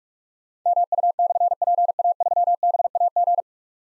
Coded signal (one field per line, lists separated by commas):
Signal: Morse code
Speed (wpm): 44 wpm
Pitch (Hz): 700 Hz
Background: none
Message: MU/PA3BAG